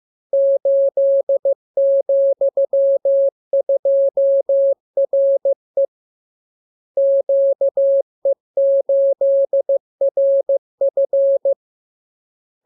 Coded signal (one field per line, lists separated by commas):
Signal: Morse code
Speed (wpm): 15 wpm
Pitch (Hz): 550 Hz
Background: none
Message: 8,2RE QE8RF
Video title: Learning Morse Code. Lesson 31. Letter KMURESNAPTLWI.JZ=FOY,VG5/Q92H38B